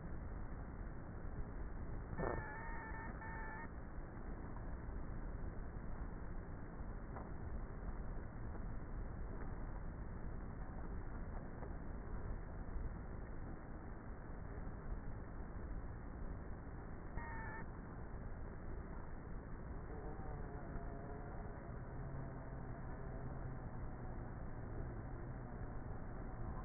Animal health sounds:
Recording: honeybee colony, microphone inside the hive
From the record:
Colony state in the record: queenless with a low population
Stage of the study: before two queens were removed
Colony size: about 30,000 bees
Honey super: no

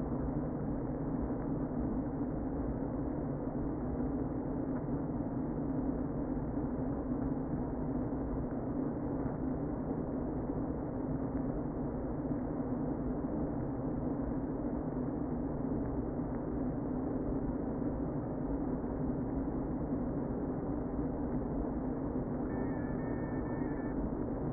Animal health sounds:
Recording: honeybee colony, microphone inside the hive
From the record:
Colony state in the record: queen present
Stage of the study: before two queens were removed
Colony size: about 60,000 bees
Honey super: yes

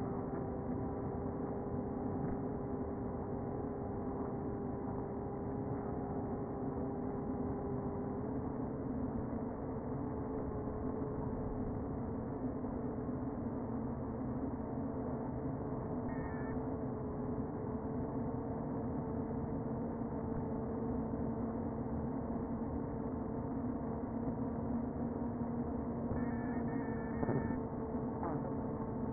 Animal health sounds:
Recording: honeybee colony, microphone inside the hive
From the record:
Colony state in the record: queen present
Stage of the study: before two queens were removed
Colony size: about 60,000 bees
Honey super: yes

